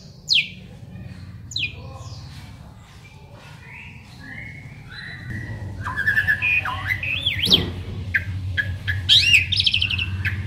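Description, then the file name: Asian pied starling opening with a couple of sharp notes, then building into looping whistles and warbled slurs over a low background hum. Local Indonesian name jalak suren; described as a champion bird. "suara burung jalak suren juara"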